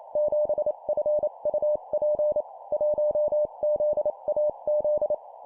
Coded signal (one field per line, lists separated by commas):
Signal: Morse code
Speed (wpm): 28 wpm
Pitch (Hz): 600 Hz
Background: none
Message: 7FUP 1ZAZ